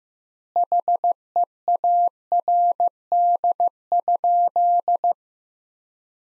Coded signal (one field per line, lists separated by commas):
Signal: Morse code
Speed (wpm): 15 wpm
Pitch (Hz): 700 Hz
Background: none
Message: HEARD?